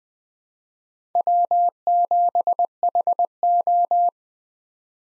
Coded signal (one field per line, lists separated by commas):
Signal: Morse code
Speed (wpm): 21 wpm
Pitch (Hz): 700 Hz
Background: none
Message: W7HO